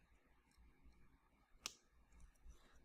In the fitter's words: it clicks there we go